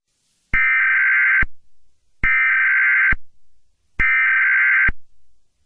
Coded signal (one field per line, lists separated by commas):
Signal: Emergency Alert System (SAME) tones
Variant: header bursts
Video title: EAS scenario - Alien Invasion